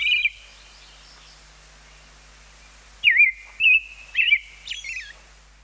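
Robin singing a brief whistled note, then after a long silent gap a quick series of rolling, slurred whistled notes.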